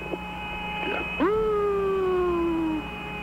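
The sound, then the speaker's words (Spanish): An eerie whistling tone from a recording of outer space swoops down sharply, then holds and slowly slides lower in pitch for over a second before cutting off, over a steady background hum and faint crackle. “You hear that? That whistling sound?”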